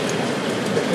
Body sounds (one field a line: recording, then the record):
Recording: background sound without coughing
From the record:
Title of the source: Office Sounds Ambience - Background Noise for Study and Work